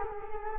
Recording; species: mosquito wingbeat signal from an infrared sensor; Culex quinquefasciatus